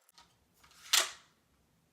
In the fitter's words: when I pushed it forward you could hear it click that means you did it right